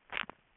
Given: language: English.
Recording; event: throat vibration sensor signal played as sound; swallow